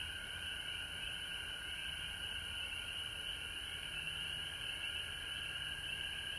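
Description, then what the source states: Frogs calling together in a continuous shrill chorus, two steady pitch layers blending into an even, unbroken wall of sound. Frogs recorded at home in Georgia on March 19, 2020.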